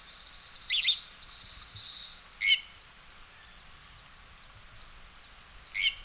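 Western red-legged thrush uttering short, strident high calls with a lower tail, four times at intervals of about one and a half seconds, over soft hiss.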